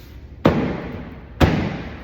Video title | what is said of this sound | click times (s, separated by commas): Mercedes Sprinter DEF Tank Replacement (2019–2022) - Fixing P202D00 & P20F400 Codes | That snaps back into place | 0.5 s, 1.4 s